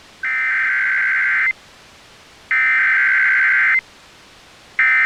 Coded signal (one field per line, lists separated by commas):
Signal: Emergency Alert System (SAME) tones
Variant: header bursts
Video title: EAS Mock - Tornado Warning for West Louisville